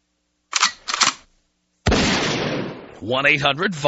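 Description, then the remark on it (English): A gunshot sound effect: two quick, sharp gunshot bangs in succession, followed after a pause by a much louder booming blast that rumbles and fades, before a voice starts talking. “I believe that's the 10 seconds of silence of the double head gunshot.”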